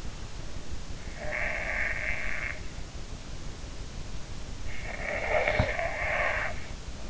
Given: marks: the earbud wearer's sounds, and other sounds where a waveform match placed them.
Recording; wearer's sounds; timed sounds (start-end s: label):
sounds in sleep by an in-ear microphone; snoring breath
1.29-2.59 s: snoring breath
4.73-6.55 s: snoring breath